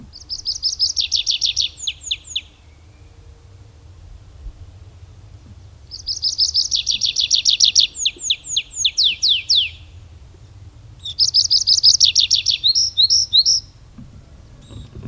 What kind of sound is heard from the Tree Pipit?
song